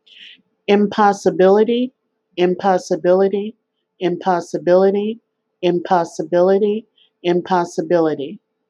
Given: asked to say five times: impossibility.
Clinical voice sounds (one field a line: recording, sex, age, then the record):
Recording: repeated word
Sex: female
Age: 50 to 59 years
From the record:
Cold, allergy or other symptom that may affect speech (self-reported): no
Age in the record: 51 years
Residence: Arkansas, United States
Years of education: 2